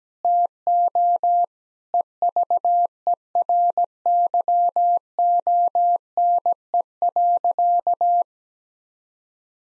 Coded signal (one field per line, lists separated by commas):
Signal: Morse code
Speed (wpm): 17 wpm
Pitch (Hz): 700 Hz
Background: none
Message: TO EVERYONE.